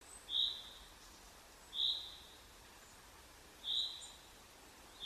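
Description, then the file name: Common chaffinch calling: brief, clear single notes at uneven gaps, four notes in five seconds, against faint steady background noise. "Fringilla coelebs"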